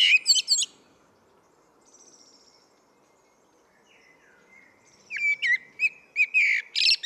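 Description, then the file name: Common blackbird ending a phrase with high twitters, then faint soft notes during a pause, before a fresh fluting, warbled phrase with squeaky flourishes. "Turdus merula"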